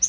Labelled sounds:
Yellow-rumped Warbler flight call

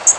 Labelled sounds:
Cerulean Warbler flight call

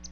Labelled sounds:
Palm Warbler flight call

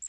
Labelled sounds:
Magnolia Warbler flight call

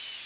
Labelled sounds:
Northern Parula flight call

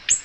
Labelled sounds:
Ovenbird flight call

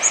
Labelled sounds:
Blue-winged Warbler flight call

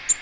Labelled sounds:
Black-throated Green Warbler flight call

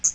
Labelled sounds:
Hooded Warbler flight call

